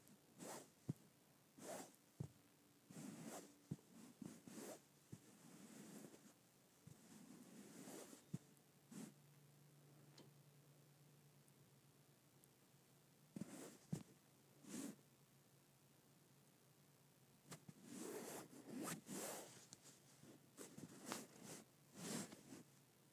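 Movement over smooth carpet, made of short scuffing brushes and scrapes that come in quick bursts of a second or so, with quieter gaps between them. A low, steady hum appears partway through and lasts several seconds before the rubbing resumes near the end.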